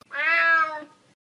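Cat meow, a single drawn-out harmonic cry lasting about one second, steady then fading at the end.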